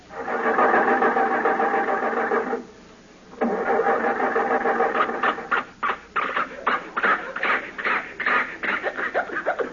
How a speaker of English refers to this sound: The motor is flooded. It's got too much gas.